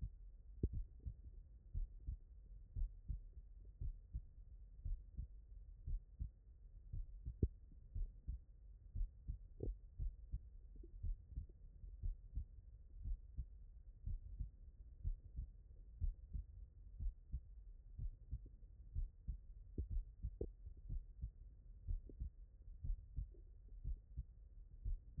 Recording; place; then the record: heart sounds by stethoscope; tricuspid valve (TV)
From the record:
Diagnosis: non-HFrEF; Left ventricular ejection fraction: 67%